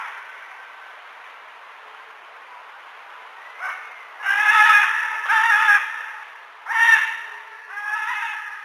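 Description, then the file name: Military macaw calling with loud, rasping squawks, several in a row after a quiet start. "canto del guacamayo militar"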